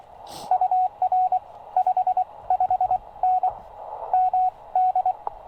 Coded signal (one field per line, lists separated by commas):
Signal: Morse code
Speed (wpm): 22 wpm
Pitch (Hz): 690 Hz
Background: radio noise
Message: UR 55N MD